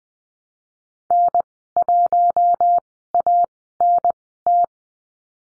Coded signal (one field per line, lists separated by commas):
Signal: Morse code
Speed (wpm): 20 wpm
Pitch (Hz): 700 Hz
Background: none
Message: N1ANT